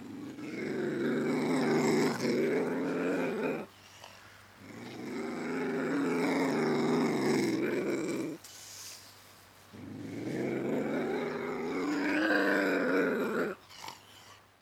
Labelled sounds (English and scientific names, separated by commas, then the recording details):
Ocelot (Leopardus pardalis)
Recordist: Tembrock, Günter
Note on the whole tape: Männchen: Dehnungslaute